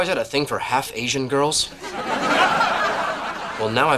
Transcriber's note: soundbite of laughter